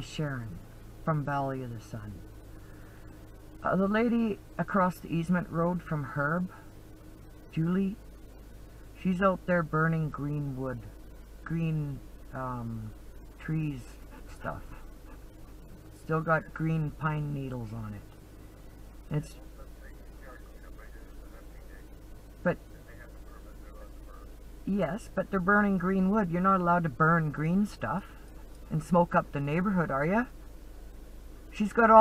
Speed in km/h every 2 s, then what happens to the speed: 0, 0, 0, 0, 0, 0, 0, 0, 0, 0, 0, 0, 0, 0, 0, 0.
0-32 standing.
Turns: none.